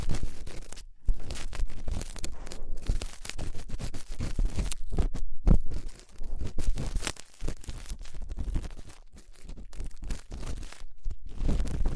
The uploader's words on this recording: ASMR Twin Ear Cleaning to Put You in a Coma (No Talking).